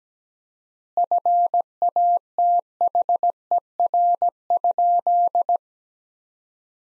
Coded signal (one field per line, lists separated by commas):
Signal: Morse code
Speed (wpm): 17 wpm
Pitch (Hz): 700 Hz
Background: none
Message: FATHER?